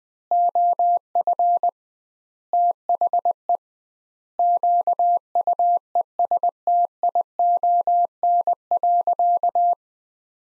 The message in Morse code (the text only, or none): OF THE QUESTION.